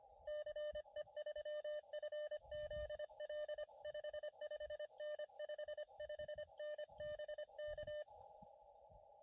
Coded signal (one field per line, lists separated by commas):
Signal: Morse code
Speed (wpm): 25 wpm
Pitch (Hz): 600 Hz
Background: radio noise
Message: CE3FZL 55N 55N BK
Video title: ATNO CW POTA